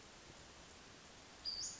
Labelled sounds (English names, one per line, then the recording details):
Western Flycatcher
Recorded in Sonoma County, California